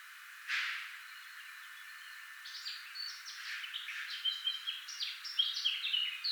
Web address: SETE Sylvia atricapilla